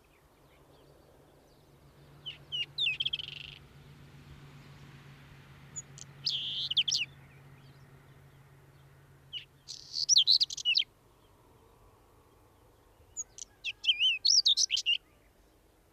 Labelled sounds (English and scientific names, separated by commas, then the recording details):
Common Whitethroat (Sylvia communis) song
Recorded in the wild
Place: Sötern, Saarland, DE
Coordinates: 49.5947, 7.065
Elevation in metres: 419
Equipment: Nagra IV, Sennheiser MKH 405, Parabolreflektor
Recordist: Tretzel, Erwin